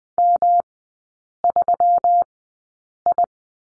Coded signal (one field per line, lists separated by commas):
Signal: Morse code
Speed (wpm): 20 wpm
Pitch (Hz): 700 Hz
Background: none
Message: M3I